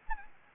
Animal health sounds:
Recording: mosquito wingbeat signal from an infrared sensor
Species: Anopheles gambiae

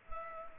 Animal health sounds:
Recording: mosquito wingbeat signal from an infrared sensor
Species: Culex pipiens

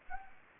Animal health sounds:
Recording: mosquito wingbeat signal from an infrared sensor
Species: Anopheles gambiae

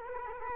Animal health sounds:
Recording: mosquito wingbeat signal from an infrared sensor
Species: Culex quinquefasciatus

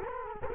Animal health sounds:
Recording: mosquito wingbeat signal from an infrared sensor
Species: Culex quinquefasciatus

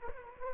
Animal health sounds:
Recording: mosquito wingbeat signal from an infrared sensor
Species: Culex quinquefasciatus

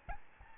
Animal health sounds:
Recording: mosquito wingbeat signal from an infrared sensor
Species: Aedes albopictus

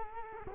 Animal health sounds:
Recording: mosquito wingbeat signal from an infrared sensor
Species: Culex quinquefasciatus

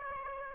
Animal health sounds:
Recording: mosquito wingbeat signal from an infrared sensor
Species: Aedes aegypti

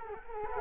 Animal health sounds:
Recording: mosquito wingbeat signal from an infrared sensor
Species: Culex quinquefasciatus

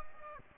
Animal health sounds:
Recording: mosquito wingbeat signal from an infrared sensor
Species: Aedes aegypti

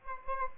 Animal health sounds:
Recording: mosquito wingbeat signal from an infrared sensor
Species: Aedes albopictus

